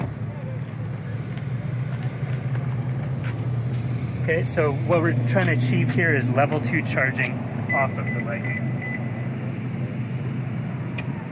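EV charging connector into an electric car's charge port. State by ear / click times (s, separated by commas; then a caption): seated / 11.0 s. An EV charging connector from a mobile charger is plugged into the charge port of a second electric car, a Subaru, for level two charging off a Ford F-150 Lightning. Someone talks over a steady low hum and a brief tone. A sharp click at 11.0 s shows the connector has seated, possibly the plug latch or the charger's relay engaging.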